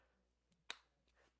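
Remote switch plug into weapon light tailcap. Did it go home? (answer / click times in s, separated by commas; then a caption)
yes / 0.7 s. A Crane-spec remote pressure-switch cable plug is pushed into the tailcap socket of a weapon light, giving one sharp, bright snap at 0.7 s as it seats with a very tight fit. A much fainter short tap follows at about 1.4 s.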